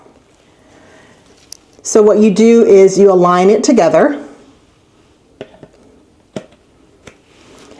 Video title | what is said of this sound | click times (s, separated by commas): Electric Spin Scrubber vs Manual Cleaning Which is FASTER for You | and then it snaps into place like so. | 6.4 s, 7.1 s